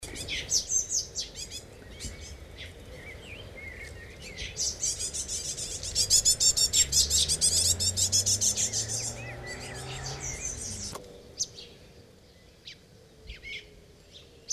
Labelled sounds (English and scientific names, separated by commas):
Great Tit (Parus major) call